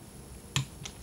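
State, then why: Torque reached. A torque wrench set to about 14.5 tightens a bolt in a cylinder head during reassembly of a 300ZX Z31. A sharp click rings out at 0.6 s as the wrench breaks at its setting, followed by a fainter tap near 0.9 s over low background noise.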